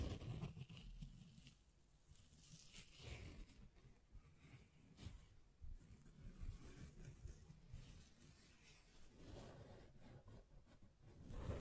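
Hands brush, rub and scratch against a microphone in an uneven, continuous stream of rustling friction. Low thumps and bumps run throughout, with louder bursts near the start, around three seconds, and at the very end, and quieter stretches in between.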